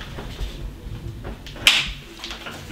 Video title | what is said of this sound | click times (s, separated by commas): how to setup 4 moms unbox 4baby 🍼👼🏽🍼 - buzunbox | hear the snap put this back | 1.7 s